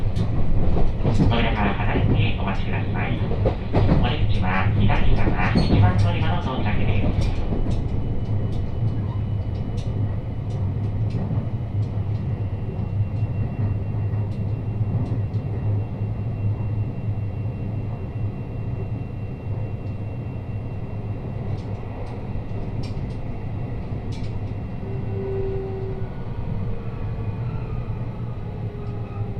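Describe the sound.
Inside a Sanyo Line train from Himeji, a steady low rumble runs throughout, with voices talking during the first seven seconds and occasional faint clicks.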